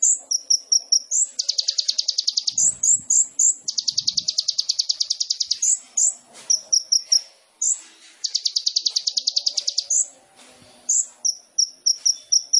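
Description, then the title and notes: Sunbird singing long, rapid, buzzy trills of high notes, broken by sharp slurred chips and short runs of thin, high piping notes, repeated over several phrases. Training song (masteran) of a lively (gacor) singer, full of filler phrases (isian) and shot-like bursts (tembakan), suited as pancingan to prompt other birds to sing. "MASTERAN KOLIBRI NINJA FULL ISIAN DAN TEMBAKAN COCOK BUAT PANCINGAN. Suara Burung Kolibri Ninja Gacor"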